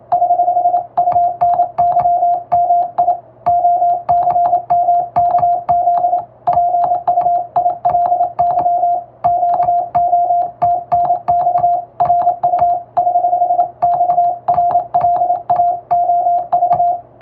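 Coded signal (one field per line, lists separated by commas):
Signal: Morse code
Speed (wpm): 27 wpm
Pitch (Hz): 700 Hz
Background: music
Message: <HH>UNYMI OCMKZ PUILY QOTNX RU <HH>XRLAOV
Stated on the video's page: Hand-keyed international Morse practice sent with a telegraph key, by a first-class radiotelegraph operator using a telegram sending practice book.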